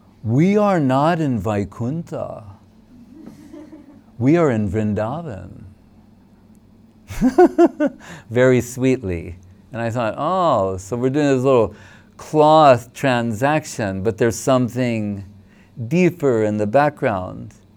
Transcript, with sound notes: “We are not in Vaikuṇṭha, we are in Vṛndāvan.”... [laughing] Very sweetly. And I thought, “Oh, so we're doing this little cloth transaction, but there's something deeper in the background.”…